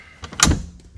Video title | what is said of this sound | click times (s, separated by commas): 2014-2019 (Old Body) Chevy/GMC Double Cab Bench Rear Install | hear it click okay it's locked | 0.4 s